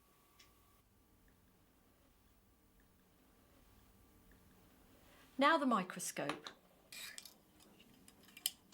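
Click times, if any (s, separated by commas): 8.5 s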